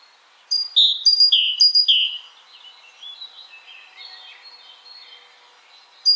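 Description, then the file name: Great tit delivering three loud descending two-note phrases, followed by softer faint notes and the start of another phrase. "Canto do chapins real"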